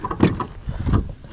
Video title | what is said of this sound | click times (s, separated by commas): 128-Excavator Power Wash Attempt and More Tree Clean-up | you can see it does latch on this one. | 0.4 s